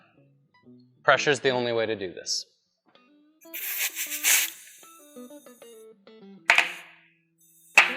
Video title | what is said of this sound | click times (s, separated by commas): How To Install Tubeless Tires Without An Injector | heard those big snaps the | 6.5 s, 7.8 s